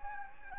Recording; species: mosquito wingbeat signal from an infrared sensor; Anopheles gambiae